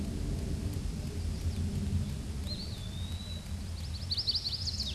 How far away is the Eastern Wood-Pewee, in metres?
about 30 m